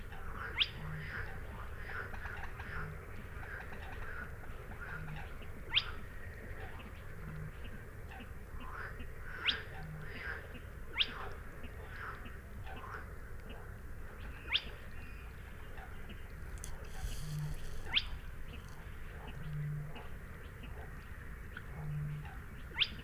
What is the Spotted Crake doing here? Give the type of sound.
song